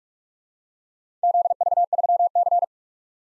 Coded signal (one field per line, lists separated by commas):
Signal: Morse code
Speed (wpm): 51 wpm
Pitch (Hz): 700 Hz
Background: none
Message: ZV3C